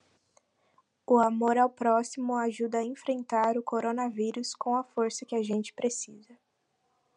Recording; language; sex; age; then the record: spoken sentence; Brazilian Portuguese; female; 20 to 29 years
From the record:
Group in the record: control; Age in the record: 21 years